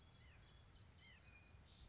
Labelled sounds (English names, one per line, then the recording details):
White-breasted Nuthatch
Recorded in Sonoma County, California